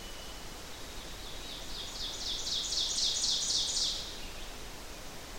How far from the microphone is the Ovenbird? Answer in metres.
about 30 m